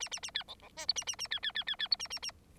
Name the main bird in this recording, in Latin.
Lonchura striata domestica